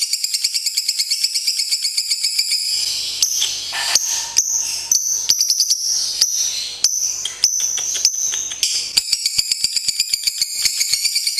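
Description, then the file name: Lovebird song, a dense, fast chatter of high buzzy and squeaky notes running almost without pause, broken by brief gaps and sharp clicks. Contest bird named Madonna, national champion of a lovebird singing competition. "Suara Lovebird Juara Lomba Nasional Madonna"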